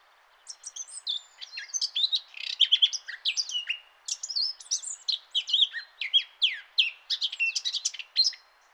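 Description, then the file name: Eurasian blackcap delivering a long jumbled warble of sharp chips, slurred whistles and scratchy phrases, continuing almost without pause over light background hiss. "Sylvia atricapilla"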